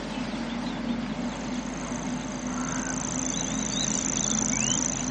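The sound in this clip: Grasshopper warbler reel, a thin, high, even trill that is fainter here, with a few short whistled notes from other birds and a constant low rumble beneath.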